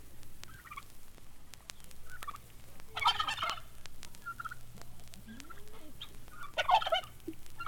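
Turkey gobbling: two loud rattling bursts, around three seconds and near the end, with quieter calls and scattered clicks around them.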